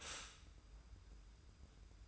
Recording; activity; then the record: daily activity, microphone in the room; stop toaster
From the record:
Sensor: 2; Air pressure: 990.5 hPa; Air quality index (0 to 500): 165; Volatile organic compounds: 867 ppm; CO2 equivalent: 5183 ppm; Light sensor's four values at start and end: 30/70/29/29 and 30/70/29/29